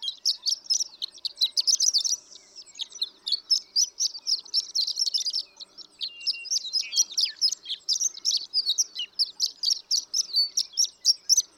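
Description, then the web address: Horned lark pouring out a rapid, high, twittering song with thin chips and slurs, briefly dropping to softer notes between two and three seconds. "birdsongforthecurious Horned Lark"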